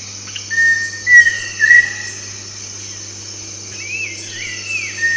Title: LuckyPassaro Completos2Sama. Pheasant Cuckoo (Dromococcyx phasianellus)